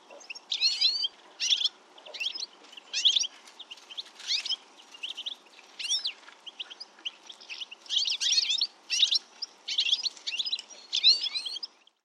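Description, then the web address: Bird chirping: bright, high notes in rapid bursts roughly every half second to second, over faint low background noise. "Deverinetal. Bird Only"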